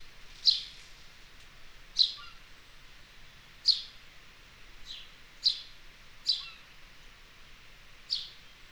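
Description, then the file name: House sparrow giving single sharp chirps, six in all, at uneven intervals, with faint background hiss. "Passer domesticus"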